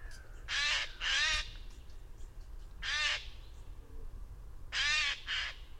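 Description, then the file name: Eurasian jay giving harsh, raspy screeches, a close pair near the start, then single calls around three and five seconds, the last followed by a shorter one. "Garrulus glandarius"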